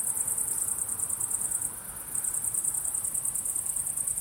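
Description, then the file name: Cricket chirping in rapid, pulsed high notes, with a short dip near the two-second mark before it resumes. At sunset. "syrsor solnedgang"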